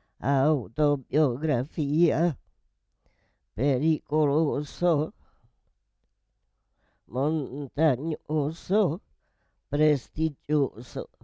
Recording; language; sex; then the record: read list of words; Italian; female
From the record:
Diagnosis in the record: Parkinson's disease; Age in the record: 78 years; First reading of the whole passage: 164 s, 3.2 characters per second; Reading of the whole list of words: 108 s, 2.6 characters per second